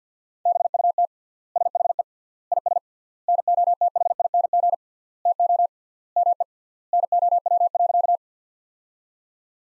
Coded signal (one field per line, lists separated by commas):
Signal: Morse code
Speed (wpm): 50 wpm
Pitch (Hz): 700 Hz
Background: none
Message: BUT SHE IS NOTHING TO ME NOW.